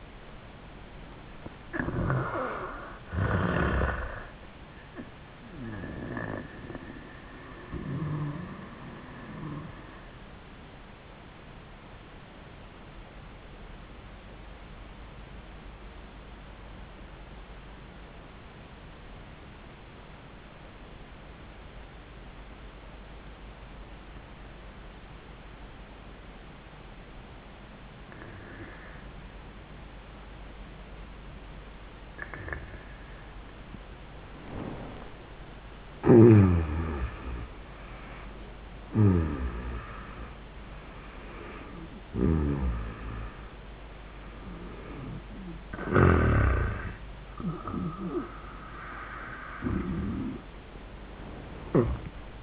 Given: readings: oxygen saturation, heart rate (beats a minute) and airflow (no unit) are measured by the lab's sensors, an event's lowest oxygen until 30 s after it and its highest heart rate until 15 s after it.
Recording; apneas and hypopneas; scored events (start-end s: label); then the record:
breathing in sleep by a voice recorder at the bedside; 1
16.00-35.50 s: obstructive apnea (N1, oxygen 98% highest, then 79% lowest, heart rate 85 at the start, 97 highest)
From the record:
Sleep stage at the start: N1 (lightest sleep); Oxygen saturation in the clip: 79 to 98%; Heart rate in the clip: 76 to 98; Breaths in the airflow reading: 8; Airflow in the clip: -28.5 to 29.5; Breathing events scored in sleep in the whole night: 400 in 8.7 hours asleep